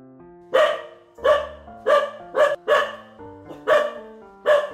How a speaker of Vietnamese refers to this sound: đột nhiên sủa lên âm ỉ. Nó vứt cái bánh bao, rồi chạy đến trước mặt Lý Liên Hoa, chắn trước mặt hắn, rồi gầm gừ giận dữ